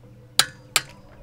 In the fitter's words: once you hear it click that means stop and